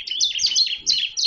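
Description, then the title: Bar-winged prinia song: a quick run of high chirps in short bursts, with brief gaps between them. "Suara Burung Ciblek"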